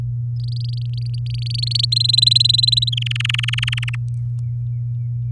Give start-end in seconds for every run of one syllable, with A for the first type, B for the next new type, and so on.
0.35-1.85 A, 1.92-2.89 B, 2.92-3.96 C